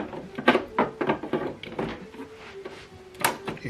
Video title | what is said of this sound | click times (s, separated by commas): How to Install Ink Cartridges on HP Officejet 8012e Wireless / WIFI Printer | hear a click sand | 3.2 s